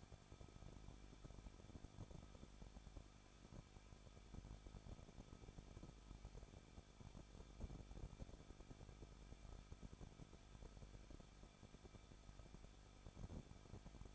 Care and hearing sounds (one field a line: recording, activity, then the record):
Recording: daily activity, microphone in the room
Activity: no activity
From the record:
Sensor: 5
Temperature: 20.9 degrees Celsius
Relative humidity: 38.2%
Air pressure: 1006.4 hPa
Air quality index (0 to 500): 189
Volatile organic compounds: 19 ppm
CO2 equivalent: 2662 ppm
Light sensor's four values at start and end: 2/3/1/1 and 2/3/1/1